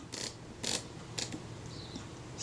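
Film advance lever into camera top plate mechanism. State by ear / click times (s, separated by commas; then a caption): seated / 0.1 s, 1.2 s. The film advance lever of an old Retina IIa folding camera is held down and rotated clockwise on the camera body's top plate mechanism, and its metal parts give sharp ratchet-like clicks at 0.1 s and 1.2 s, with a longer, louder mechanical rasp around 0.7 s and a softer tick at 1.3 s. The lever clicks into place and is seated, and it sounds good.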